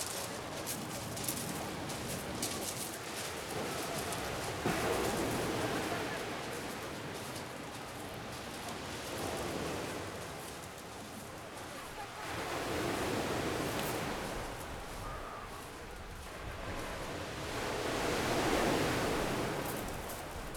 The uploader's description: Étretat. Afternoon, Beach